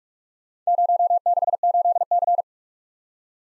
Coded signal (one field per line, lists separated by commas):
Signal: Morse code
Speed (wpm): 44 wpm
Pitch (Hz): 700 Hz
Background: none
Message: 068C